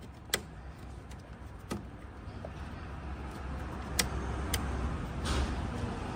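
A plastic multi-pin wiring socket is plugged back into its mating connector on the AdBlue emulator harness during an AdBlue emulator installation on a Renault Express II (MD1CS016). Two sharp, short clicks are heard at 0.3 s and 4.0 s, with a few fainter taps in between over a low steady background hum. The connector is confirmed seated in place.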